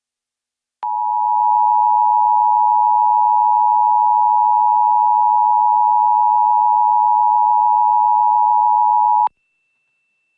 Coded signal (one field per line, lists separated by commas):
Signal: Emergency Alert System (SAME) tones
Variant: 853 and 960 Hz attention tone